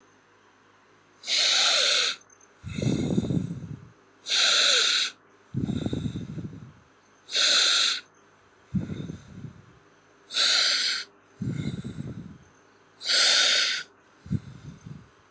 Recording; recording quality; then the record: deep breathing; excellent, no background noise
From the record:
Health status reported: healthy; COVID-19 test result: negative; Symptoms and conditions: none ticked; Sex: male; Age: 30 years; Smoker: yes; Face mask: not worn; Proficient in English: yes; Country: India